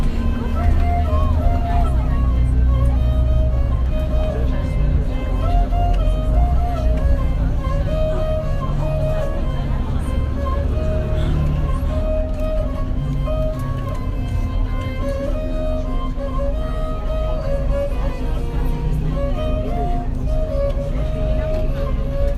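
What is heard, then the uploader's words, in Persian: A ghaychak, a bowed string instrument, plays a sustained, wavering melody of long held notes inside a moving bus. A steady, deep engine rumble runs underneath throughout at constant loudness, with faint murmured voices mixed into the background. قيچكنوازي - اتوبوس راهآهن-وليعصر. نوازنده دورهگردي سازي مي زد كه نمي دانستم چيست. زمستان 80 بود.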